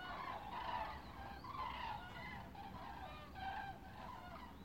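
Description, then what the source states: Common crane calls: overlapping rolling, trumpeting notes from several birds, repeated throughout over a steady low rumble. Recorded 24 October 2015.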